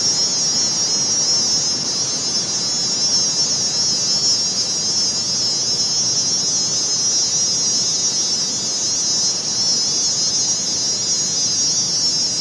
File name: zapsplat. nature forest amb summer strong wind single cicada